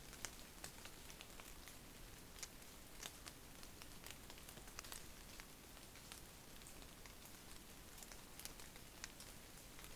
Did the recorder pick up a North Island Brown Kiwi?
no